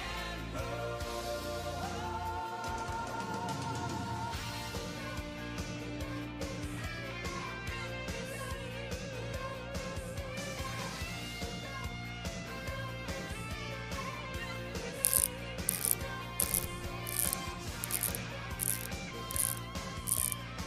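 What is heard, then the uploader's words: Music plays steadily throughout with dense layered tones, and from about fifteen seconds sharp bright metallic taps repeat quickly over it. Tony Stark's Lab Ambience ASMR. Mechanical whirring, tinkering sounds (hammering, drillling, etc), music.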